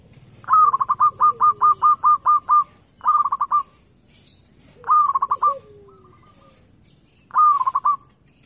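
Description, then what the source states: Zebra dove song: a rapid train of about ten clipped coos, then shorter stuttering phrases. Softer, lower descending coos sound in between. Local-type zebra dove.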